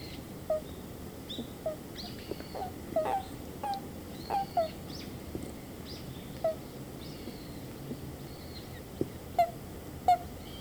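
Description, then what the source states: Japanese toad calls: short, soft, tonal croaks given singly at uneven intervals, with faint clicks and a hiss of background noise. Subspecies Bufo japonicus japonicus; the animal is calling.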